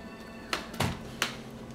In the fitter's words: you can hear the snapping sound okay